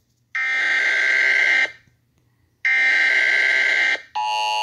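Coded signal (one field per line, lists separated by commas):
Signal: Emergency Alert System (SAME) tones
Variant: header bursts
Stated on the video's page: Fictional EAS scenario about rioters in Iowa, not a real alert.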